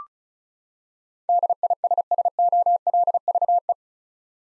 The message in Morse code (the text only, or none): DISSOLVE